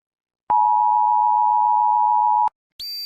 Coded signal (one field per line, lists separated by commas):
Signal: Emergency Alert System (SAME) tones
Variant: 853 and 960 Hz attention tone